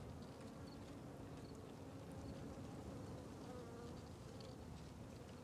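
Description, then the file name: Fly: steady buzzing of flies, a dense low hum with faint high ticks behind. Flies circling a tree on the Sertão Zen trail; natural ambience recording. "Ambiencia na Trilha do Sertao Zen com Moscas Circudando Arvore"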